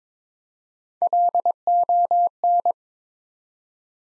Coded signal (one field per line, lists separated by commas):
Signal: Morse code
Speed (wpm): 22 wpm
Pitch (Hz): 700 Hz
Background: none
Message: LON